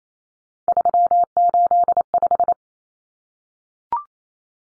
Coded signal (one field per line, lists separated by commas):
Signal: Morse code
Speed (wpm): 28 wpm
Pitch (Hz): 700 Hz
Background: none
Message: 385